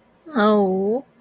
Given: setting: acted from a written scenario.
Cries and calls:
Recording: vocal sound without words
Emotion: shame

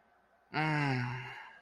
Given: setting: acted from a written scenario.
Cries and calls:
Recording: vocal sound without words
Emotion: serenity

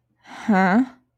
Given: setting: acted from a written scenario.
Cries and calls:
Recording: vocal sound without words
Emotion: confusion

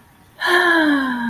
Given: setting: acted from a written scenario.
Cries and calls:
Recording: vocal sound without words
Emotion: serenity

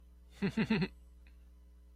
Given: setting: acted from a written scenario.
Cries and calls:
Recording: vocal sound without words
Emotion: romantic love

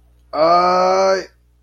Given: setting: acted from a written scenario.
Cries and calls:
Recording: vocal sound without words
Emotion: pain

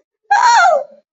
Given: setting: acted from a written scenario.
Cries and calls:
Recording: vocal sound without words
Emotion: fear

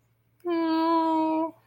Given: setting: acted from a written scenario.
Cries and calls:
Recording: vocal sound without words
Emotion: sadness

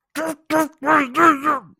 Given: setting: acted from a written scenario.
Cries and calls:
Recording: vocal sound without words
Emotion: shame

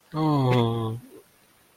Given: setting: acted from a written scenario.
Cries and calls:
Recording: vocal sound without words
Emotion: serenity

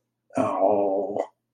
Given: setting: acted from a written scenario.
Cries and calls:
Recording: vocal sound without words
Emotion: adoration

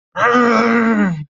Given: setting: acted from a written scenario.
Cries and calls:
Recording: vocal sound without words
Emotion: anger

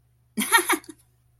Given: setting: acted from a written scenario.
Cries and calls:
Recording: vocal sound without words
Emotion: amusement

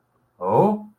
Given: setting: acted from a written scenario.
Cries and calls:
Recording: vocal sound without words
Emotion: romantic love

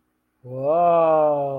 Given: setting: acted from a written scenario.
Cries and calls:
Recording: vocal sound without words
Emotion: awe

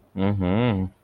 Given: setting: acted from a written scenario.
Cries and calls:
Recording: vocal sound without words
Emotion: romantic love

